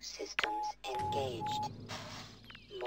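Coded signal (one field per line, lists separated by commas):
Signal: none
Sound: game medical station beeps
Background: speech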